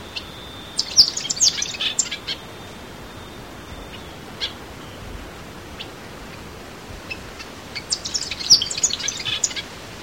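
Tanager song: high twittering bursts near the start and end, with a few faint chips between.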